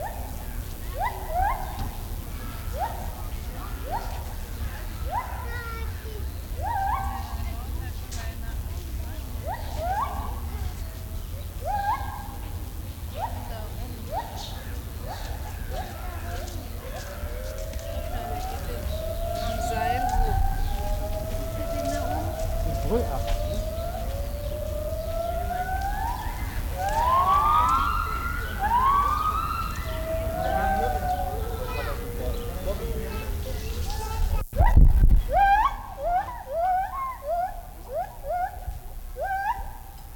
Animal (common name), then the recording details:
Lar Gibbon. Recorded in captivity. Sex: pair. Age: adult. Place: Zoo Berlin, Berlin, DE. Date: 1994-07-02 13:02. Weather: sonnig, 20-24°C. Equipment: Marantz CP 430, Sennheiser ME 80, Kopie Uher Variocord 263. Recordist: Tembrock, Günter. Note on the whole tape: Paar: Duette (letztes sehr gut) - Entfernung ca. 12 m